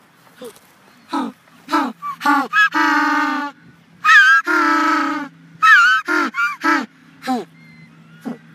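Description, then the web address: African penguin giving a donkey-like bray: short gasping honks building into long, loud, harsh drawn-out notes, then more short honks trailing off. A prolonged call. "suono prolungato in cui il pinguino occhialuto emette suoni spheniscus demersus"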